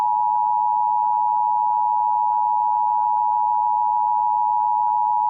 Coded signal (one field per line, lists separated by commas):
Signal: Emergency Alert System (SAME) tones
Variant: 853 and 960 Hz attention tone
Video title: Top 5 Worst EAS Required Monthly Test Audios Ever (PART 1)